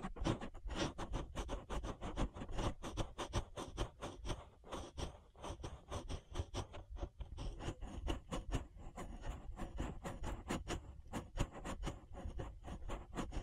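An ear massage made of quick, dense rubbing and scratching sounds that never stop for the whole stretch. Sharp crackly strokes land several times a second, bright at the top with a soft thudding underneath, and the loudness stays fairly even throughout.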